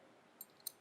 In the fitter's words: what all you have to do is put it and then press it now this locks in place